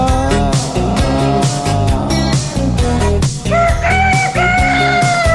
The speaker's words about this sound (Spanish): Vamos el gallo de Nico.